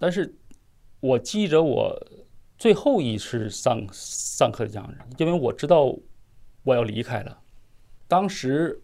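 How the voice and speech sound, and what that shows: A 35-year-old man from Liaoning speaking Mandarin, with a syllable repetition and several prolonged, creaky sounds typical of stuttering, which he has had since his earliest memories, for more than thirty years.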